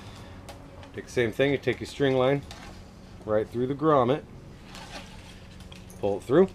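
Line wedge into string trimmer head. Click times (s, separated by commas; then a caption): 0.5 s. The second grooved line wedge, on the other side of a string trimmer head, is pressed into the head and gives a quiet click into place at about 0.5 s, with a few more faint taps after it. Someone talks through the clip, and the wedge is seated.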